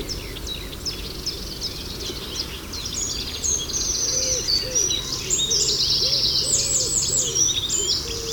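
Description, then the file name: Eurasian wren song, varied high chirps building into a loud, sustained high trill in the second half, with a lower repeated sound underneath. "Zaunkoenig"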